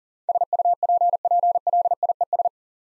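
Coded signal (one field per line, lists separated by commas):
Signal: Morse code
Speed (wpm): 40 wpm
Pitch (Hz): 700 Hz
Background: none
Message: SUPPLIES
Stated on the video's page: Morse code practice at 40 wpm, jokes with contextual priming.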